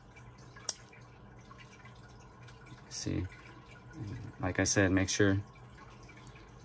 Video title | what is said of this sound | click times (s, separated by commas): Trigger Explanation. #gun #education #firearms #p80 #polymer80 #instagram #tiktok #shooting #shorts | snap it into place like this see | 0.7 s